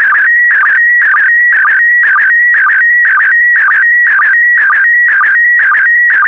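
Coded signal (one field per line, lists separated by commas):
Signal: SSTV (slow-scan television)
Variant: PD120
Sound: warbling, shifting whistle tones with a short low chirp about twice a second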